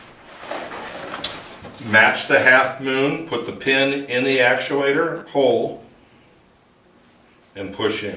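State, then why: Not seated. Someone talks while handling the safety pin for the inflation actuator on the flotation system of a Med Sled vertical lift rescue sled, matching the half-moon and putting the pin into the actuator to re-arm it. Two brief sharp ticks occur around 1.1 s and 1.3 s, followed by a quiet stretch and more talk. The pin is not yet home, and nothing has seated or clicked into place yet.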